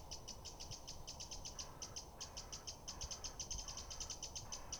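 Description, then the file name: Eurasian wren calls, a fast run of dry ticks repeated in short bursts with small pauses, partly masked by steady low-pitched rumble. "Troglodytes troglodytes"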